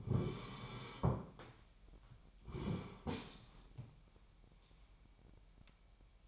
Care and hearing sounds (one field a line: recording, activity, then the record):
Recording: daily activity, microphone in the room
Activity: sit down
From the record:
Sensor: 1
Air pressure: 998.5 hPa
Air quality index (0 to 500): 120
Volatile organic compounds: 3 ppm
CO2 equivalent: 1438 ppm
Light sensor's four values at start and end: 8/19/8/9 and 8/20/8/9